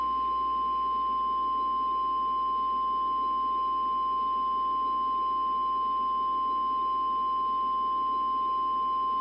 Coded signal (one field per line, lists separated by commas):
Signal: Emergency Alert System (SAME) tones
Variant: 1050 Hz attention tone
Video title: EF-NIGHTMARE (A Tornado Outbreak EAS Scenario)